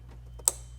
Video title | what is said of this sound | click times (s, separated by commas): "Red E Power" Dodge Challenger/ Charger Ram Air Upgrade Kit installation & functions explained | wait to hear that click that's in place | 0.5 s